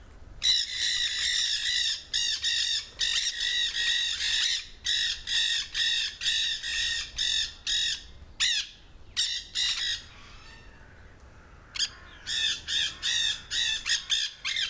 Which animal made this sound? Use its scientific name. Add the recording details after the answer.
Nandayus nenday. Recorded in captivity. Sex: group. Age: adult. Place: Zoo Berlin, Berlin, DE. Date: 1997-09-16 15:56. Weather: heiter - wolkig, ca. 23°C. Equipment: Sony MD-WM MZ-R3, Sennheiser ME 80, Kopie Uher 4000 Report Monitor. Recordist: Tembrock, Günter